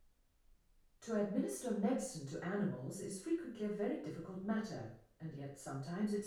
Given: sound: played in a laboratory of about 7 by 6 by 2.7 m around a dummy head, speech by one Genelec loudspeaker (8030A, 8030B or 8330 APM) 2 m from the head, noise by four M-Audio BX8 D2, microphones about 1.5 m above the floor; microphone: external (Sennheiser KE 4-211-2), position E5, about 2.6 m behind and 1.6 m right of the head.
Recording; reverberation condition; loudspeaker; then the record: female speech in English; medium; 120 degrees to the left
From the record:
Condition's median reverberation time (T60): about 510 ms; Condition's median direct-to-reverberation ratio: about -0.5 dB